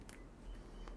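A detachable HDMI/DisplayPort connector head for a Ruipro cable is pushed onto the end of an armored fibre-optic video cable, which only fits one way. After a brief tick at 0.1 s, a sharp click at 0.9 s marks the connector locking in place, with a blue pull tab to release it.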